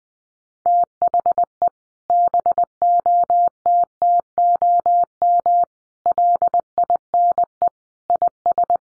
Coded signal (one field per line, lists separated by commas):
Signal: Morse code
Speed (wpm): 20 wpm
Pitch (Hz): 700 Hz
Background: none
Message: THE BOTTOM LINE IS